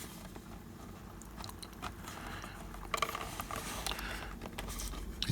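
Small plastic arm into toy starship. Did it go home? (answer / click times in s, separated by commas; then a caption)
no / none. A small plastic arm is pressed repeatedly into its slot on a 1998 Playmates Star Trek Insurrection U.S.S. Enterprise NCC-1701-E toy starship, making soft plastic scrapes and short sharp ticks around 3.0 s, 3.9 s and 5.2 s. The arm doesn't snap into place and won't stay in, so nothing has seated or clicked.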